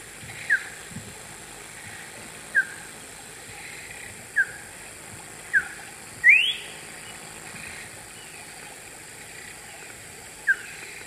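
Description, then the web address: Orange-backed troupial song: short, clear downslurred whistled notes spaced a few seconds apart, with one louder rising whistled sweep midway, over a steady background hiss. Recorded in the eastern lowlands of South America. "S America Eastern Lowlands Icterus croconotus, song"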